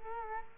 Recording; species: mosquito wingbeat signal from an infrared sensor; Culex quinquefasciatus